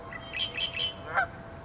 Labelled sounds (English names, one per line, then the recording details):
Red-winged Blackbird
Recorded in Sonoma County, California